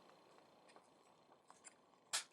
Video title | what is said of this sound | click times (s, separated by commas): MPM-8 Masterpiece Movie MEGATRON: EmGo's Transformers Reviews N' Stuff | we go just snap into place right there and now you just closed the leg back | 1.5 s